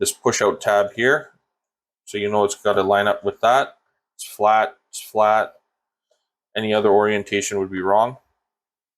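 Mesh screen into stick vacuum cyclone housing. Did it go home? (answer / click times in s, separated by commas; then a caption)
no / none. A plastic mesh filter screen from a Dyson V8 stick vacuum, being deep cleaned after five years, is lined up by its notch tabs to go flat into the cyclone housing while someone talks in bursts separated by silent pauses. The screen is handled but nothing has seated or clicked yet.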